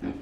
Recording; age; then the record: pig call; growing-finishing pig (85 days or more)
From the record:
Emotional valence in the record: negative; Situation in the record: barren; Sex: male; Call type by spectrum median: low-frequency call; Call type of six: low-frequency stable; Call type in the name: low-frequency stable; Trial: 1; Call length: 0.21 s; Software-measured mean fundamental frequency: 46 Hz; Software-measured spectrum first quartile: 232 Hz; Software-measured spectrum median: 302 Hz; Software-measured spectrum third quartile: 513 Hz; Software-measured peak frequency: 273 Hz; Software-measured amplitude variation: 178 dB a second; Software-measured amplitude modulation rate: 23.4 a second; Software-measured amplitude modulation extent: 7.6 dB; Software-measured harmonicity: 2.9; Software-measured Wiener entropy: -0.24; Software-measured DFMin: 1002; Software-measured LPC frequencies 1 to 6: 308, 1649, 2406, 3283, 4506, 5933 Hz